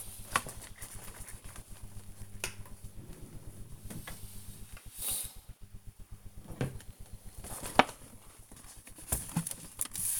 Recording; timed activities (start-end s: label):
household activities, microphone on the right wrist
1.89-10.20 s: tidy up the cupboard